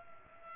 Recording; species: mosquito wingbeat signal from an infrared sensor; Culex pipiens